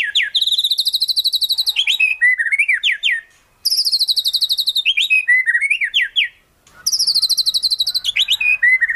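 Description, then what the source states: White-rumped shama song: fast high rattling trills followed by sweeping whistled notes, the phrase repeated three times with short silent gaps. Used as a trapping lure.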